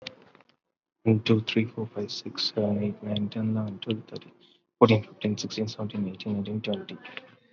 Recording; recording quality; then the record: counting at a normal pace; excellent, no background noise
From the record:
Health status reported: COVID-19 positive, mild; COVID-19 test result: positive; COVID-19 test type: RT-PCR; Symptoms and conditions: cough, breathing difficulty, fatigue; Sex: male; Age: 30 years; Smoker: no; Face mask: not worn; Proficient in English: yes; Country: India